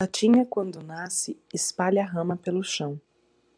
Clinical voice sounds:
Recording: short text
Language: Brazilian Portuguese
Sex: female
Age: 20 to 29 years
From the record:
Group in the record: control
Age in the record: 29 years

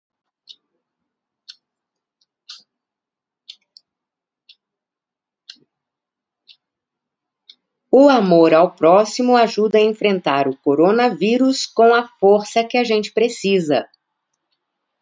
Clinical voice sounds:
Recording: spoken sentence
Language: Brazilian Portuguese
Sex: female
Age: 50 to 59 years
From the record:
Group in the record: control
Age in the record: 50 years

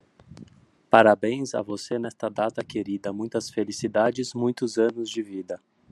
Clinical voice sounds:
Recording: short text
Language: Brazilian Portuguese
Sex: male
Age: 40 to 49 years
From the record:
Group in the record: control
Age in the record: 43 years

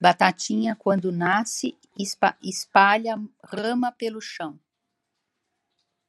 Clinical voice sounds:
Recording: short text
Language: Brazilian Portuguese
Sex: female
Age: 60 to 69 years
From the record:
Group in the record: control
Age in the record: 68 years

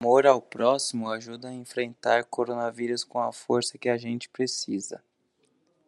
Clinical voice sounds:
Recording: spoken sentence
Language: Brazilian Portuguese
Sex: male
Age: 30 to 39 years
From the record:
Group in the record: control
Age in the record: 33 years

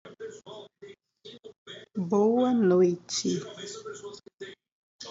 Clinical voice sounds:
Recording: spoken sentence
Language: Brazilian Portuguese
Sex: female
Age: 30 to 39 years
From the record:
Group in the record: control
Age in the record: 39 years

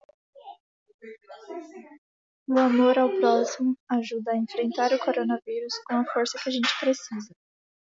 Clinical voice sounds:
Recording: spoken sentence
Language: Brazilian Portuguese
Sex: female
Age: 20 to 29 years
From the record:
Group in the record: control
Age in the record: 20 years

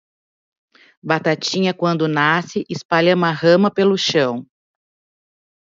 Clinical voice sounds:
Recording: short text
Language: Brazilian Portuguese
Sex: female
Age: 40 to 49 years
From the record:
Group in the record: control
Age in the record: 49 years

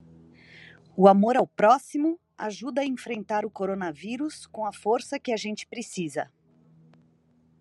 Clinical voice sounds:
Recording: spoken sentence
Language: Brazilian Portuguese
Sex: female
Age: 40 to 49 years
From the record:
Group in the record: control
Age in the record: 44 years

